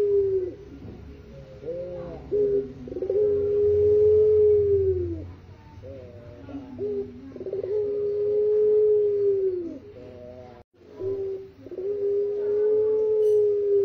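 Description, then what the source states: Barbary dove repeating its call: short rolling notes followed by a long sustained low coo, heard about three times, with a steady low hum in the background. Masteran, a training song for songbirds.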